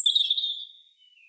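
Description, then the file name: European robin giving a single high, thin, sustained whistled phrase that fades and drops slightly in pitch; no other sounds. "Erithacus rubecula"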